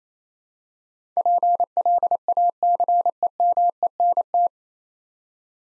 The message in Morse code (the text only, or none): PLACEMENT